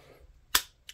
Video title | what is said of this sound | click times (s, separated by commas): Bunch Of New Goodies!! | Clicks in super nice | 0.6 s